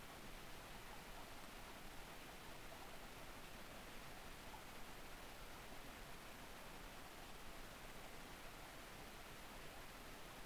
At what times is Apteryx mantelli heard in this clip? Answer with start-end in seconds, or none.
none